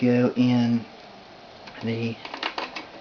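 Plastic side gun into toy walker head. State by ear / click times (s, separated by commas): not seated / none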